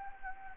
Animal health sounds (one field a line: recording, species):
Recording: mosquito wingbeat signal from an infrared sensor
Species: Anopheles gambiae